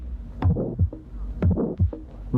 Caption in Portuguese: Um sopro de expulsão na ponta.